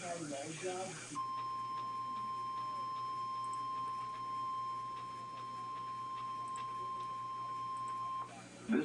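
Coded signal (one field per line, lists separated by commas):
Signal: Emergency Alert System (SAME) tones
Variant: 1050 Hz attention tone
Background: speech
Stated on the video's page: Live weekly test broadcast.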